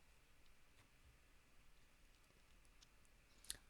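A small plastic screw cover is pressed back into the palmrest of a Dell Latitude E7440 laptop during reassembly. Faint rustling and small ticks lead up to one sharp, bright click at 3.5 seconds. The cover seats in place.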